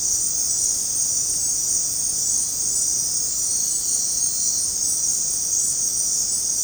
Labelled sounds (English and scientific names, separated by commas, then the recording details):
none
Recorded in dense forest near Puerto Asís, Putumayo, Colombia, on 20 February 2024 at 20:00
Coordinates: 0.503, -76.322
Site G6418